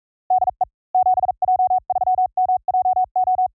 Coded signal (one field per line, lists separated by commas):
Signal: Morse code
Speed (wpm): 42 wpm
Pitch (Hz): 740 Hz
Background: none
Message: DE 7J3MJO